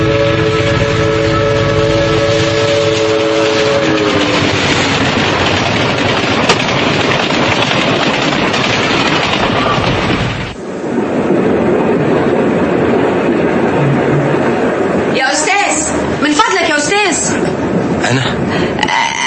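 A train pulls away: a sustained, multi-toned horn blast gives way to a steady loud rumble and rattle of rolling cars, with sharp clanking bursts near the end.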